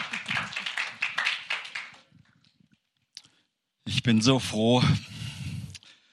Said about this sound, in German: Gib ihm einen kräftigen Applaus.